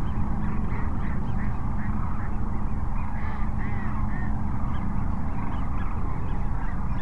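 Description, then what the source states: Sandhill cranes in chorus, a steady stream of overlapping rolling trumpet calls, busiest in the first half, beneath which a deep constant rumble persists. Several cranes at Cochise Lakes, 30 January 2019.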